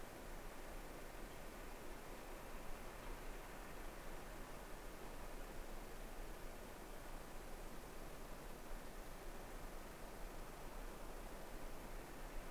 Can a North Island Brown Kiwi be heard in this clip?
no